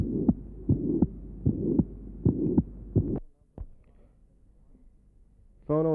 Patient has mitral insufficiency. Note the grade 4/6 pansystolic murmur at the mitral area.